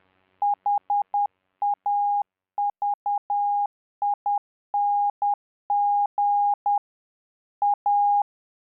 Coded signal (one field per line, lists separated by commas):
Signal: Morse code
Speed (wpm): 10 wpm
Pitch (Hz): 820 Hz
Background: none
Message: HAVING A